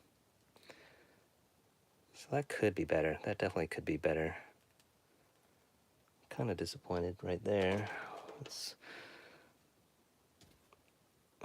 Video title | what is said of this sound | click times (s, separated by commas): AniMester Whisky Sour 1/9th Scale Action Figure Unboxing and Impressions! | yeah that doesn't snap at all | none